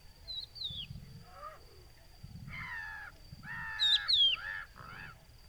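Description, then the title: Crested lark giving a short plaintive whistled pair of notes near the end, amid harsh nasal calls from other birds and low rumbling background. Adult calling to others, hidden in Camargue salt-marsh at Étang du Vaccarès, 5 September 2020, about an hour after sunrise; whistled, plaintive call; Nagra Seven with Telinga Pro7. "COCHEVIS DU VACCARES"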